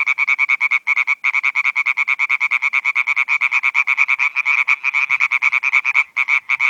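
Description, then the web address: European tree frogs calling in a fast, clattering series of sharp nasal notes, with brief pauses, against a silent background. "Viltansou Rainettes. la rainette verte"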